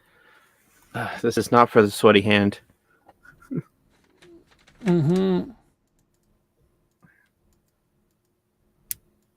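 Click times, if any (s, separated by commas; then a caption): 8.9 s. A plastic gunpla model kit part is pressed onto its mating model part while someone talks, with faint handling ticks in between. At 8.9 s it gives one sharp, loud snap as it seats home into place.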